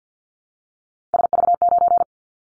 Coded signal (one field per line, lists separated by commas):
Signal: Morse code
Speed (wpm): 49 wpm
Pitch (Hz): 700 Hz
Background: none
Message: SV9